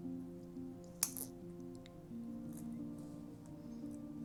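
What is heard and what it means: Over steady background music, a jump ring is looped under, around and back up through a chainmaille weave, then twisted shut. It closes with a sharp metallic click at 1.0 s, and the ring is seated in the weave.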